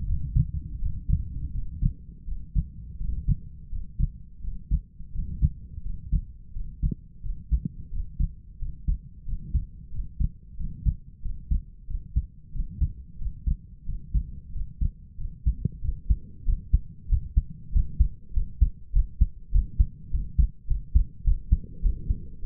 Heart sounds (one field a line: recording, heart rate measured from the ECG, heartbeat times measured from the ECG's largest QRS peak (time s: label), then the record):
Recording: heart sounds by stethoscope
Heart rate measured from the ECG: 91 bpm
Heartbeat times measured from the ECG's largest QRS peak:
0.07 s: heartbeat
0.80 s: heartbeat
1.53 s: heartbeat
2.26 s: heartbeat
2.99 s: heartbeat
3.70 s: heartbeat
4.42 s: heartbeat
5.13 s: heartbeat
5.83 s: heartbeat
6.54 s: heartbeat
7.22 s: heartbeat
7.91 s: heartbeat
8.59 s: heartbeat
9.25 s: heartbeat
9.91 s: heartbeat
10.57 s: heartbeat
11.22 s: heartbeat
11.87 s: heartbeat
12.52 s: heartbeat
13.18 s: heartbeat
13.85 s: heartbeat
14.52 s: heartbeat
15.17 s: heartbeat
15.81 s: heartbeat
16.45 s: heartbeat
17.08 s: heartbeat
17.72 s: heartbeat
18.33 s: heartbeat
18.92 s: heartbeat
19.51 s: heartbeat
20.10 s: heartbeat
20.67 s: heartbeat
21.24 s: heartbeat
21.82 s: heartbeat
22.41 s: heartbeat
From the record:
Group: healthy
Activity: breath hold 0-15 s, rest 15-22 s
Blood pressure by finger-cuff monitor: 94/61 mmHg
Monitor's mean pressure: 72 mmHg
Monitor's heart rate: 88 bpm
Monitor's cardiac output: 6.2 L/min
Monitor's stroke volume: 71 mL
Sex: male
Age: 22 years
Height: 181 cm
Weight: 60 kg